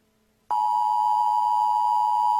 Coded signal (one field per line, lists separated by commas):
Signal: Emergency Alert System (SAME) tones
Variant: 853 and 960 Hz attention tone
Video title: (REUPLOAD) EAS - Food Contamination Warning for White Chocolate